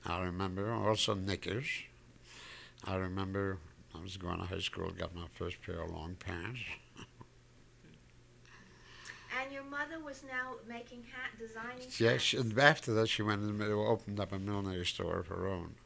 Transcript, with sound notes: I remember, also knickers. I remember I was going to high school, I got my first pair of long pants (chuckles)
And your mother was now making hats, designing hats.
After she went and opened up a millinery store of her own.